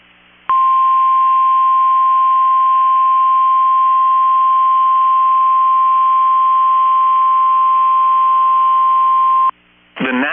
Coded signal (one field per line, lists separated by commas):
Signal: Emergency Alert System (SAME) tones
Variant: 1050 Hz attention tone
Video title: 4/24/24 - KEC65 Required Weekly Test (EAS #1058)